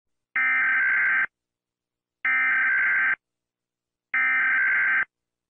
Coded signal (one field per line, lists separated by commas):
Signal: Emergency Alert System (SAME) tones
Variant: header bursts